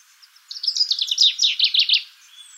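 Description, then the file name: Common chaffinch song: a quick run of crisp notes, about one and a half seconds long. "Fringilla coelebs"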